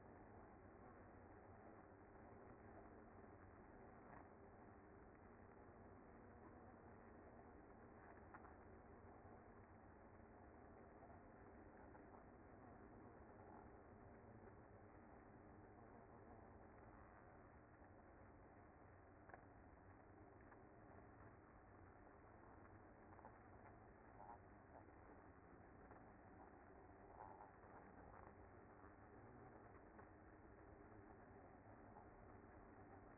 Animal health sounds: honeybee colony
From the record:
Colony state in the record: active

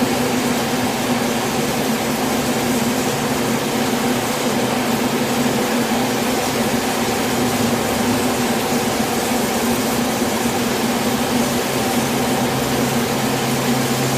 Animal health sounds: honeybee colony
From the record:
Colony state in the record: swarm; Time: day

